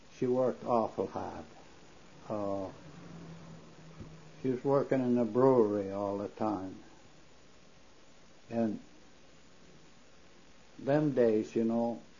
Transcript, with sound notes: She worked awful hard. ( pause ) She was working in a brewery all the time. Them days you know